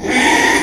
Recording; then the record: squeal of a Yucatan mini pig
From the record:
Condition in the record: after surgery on the right vocal fold (resection and tissue-engineered implant); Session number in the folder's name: 3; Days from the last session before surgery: 33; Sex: male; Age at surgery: 12 weeks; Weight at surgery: 13 kg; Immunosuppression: cyclosporine, prednisolone